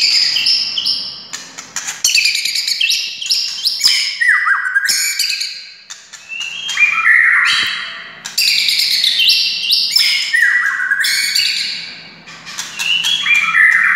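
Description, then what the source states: White-rumped shama pouring out dense, varied song: high whistles, descending slurs, clicks and chatters in rapid overlapping phrases with few pauses. Wild, native forest bird.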